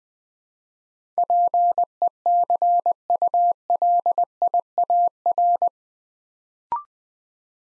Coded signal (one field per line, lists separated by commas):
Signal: Morse code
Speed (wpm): 20 wpm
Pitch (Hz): 700 Hz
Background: none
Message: PECULIAR